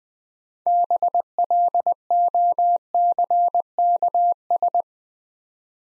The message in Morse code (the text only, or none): BLOCKS